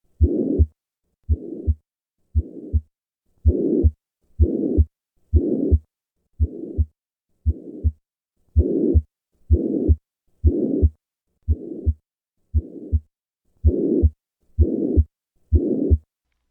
Ebstein Anomaly. When this murmur occurs in an adult, with right atrial enlargement and a right bundle branch block on the electrocardiogram, it suggests the presence of Epstein's anomaly of the tricuspid valve. The murmur is due to an incompetent tricuspid valve, which is displaced downward into the right ventricle. This murmur increases during inspiration.